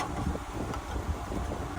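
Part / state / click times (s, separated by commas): grill igniter into its holder slot on the burner manifold / not seated / none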